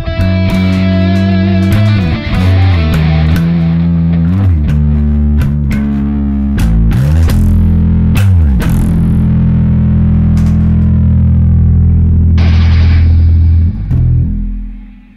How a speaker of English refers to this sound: Okay. I mean, distortion.